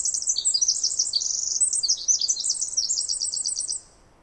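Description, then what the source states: Pacific wren song: a rapid, tumbling run of very high, tinkling trills and buzzy notes pouring out without pause, stopping abruptly near the end. Snider Jackson/Rugged Ridge trail, May 11-13 2018, morning after dawn chorus; bird sang about 20 minutes in trees above microphone, then flew down closer; very loud, unmastered recording.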